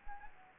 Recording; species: mosquito wingbeat signal from an infrared sensor; Anopheles gambiae